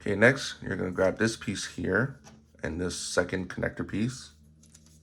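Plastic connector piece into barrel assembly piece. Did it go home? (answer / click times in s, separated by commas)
yes / 4.8 s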